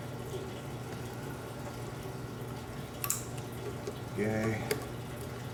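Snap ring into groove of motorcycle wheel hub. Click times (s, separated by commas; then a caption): 3.0 s, 3.1 s. A steel snap ring is fitted with snap ring pliers into the groove of a 1938 Harley motorcycle star hub. Two sharp metallic snaps come at about 3.0 and 3.1 seconds over a low steady hum, and someone talks briefly afterward. The snap ring is seated in its groove.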